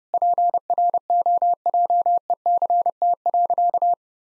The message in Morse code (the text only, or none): PROJECT.